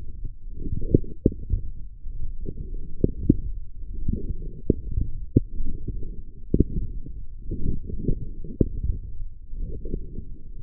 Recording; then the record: forearm muscle sounds (acoustic myography)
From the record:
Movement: forearm pronation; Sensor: system 1, eight BSWA MPA416 microphones around the upper forearm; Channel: 5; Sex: female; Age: 22 years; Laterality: right